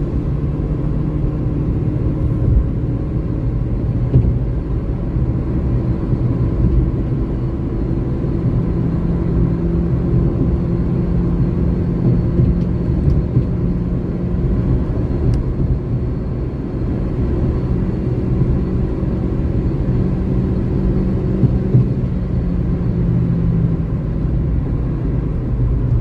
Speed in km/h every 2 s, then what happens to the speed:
116, 119, 123, 127, 130, 133, 135, 138, 141, 143, 143, 126, 104.
0-20 speeds up to 143. 20-26 brakes to 104.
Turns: none.